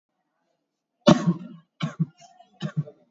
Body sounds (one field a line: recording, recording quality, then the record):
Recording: heavy voluntary cough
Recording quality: excellent, no background noise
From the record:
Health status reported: COVID-19 positive, moderate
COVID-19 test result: positive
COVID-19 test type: RT-PCR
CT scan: not taken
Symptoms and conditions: cough, diarrhoea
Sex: male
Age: 24 years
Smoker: no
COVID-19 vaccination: none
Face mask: not worn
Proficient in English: yes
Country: India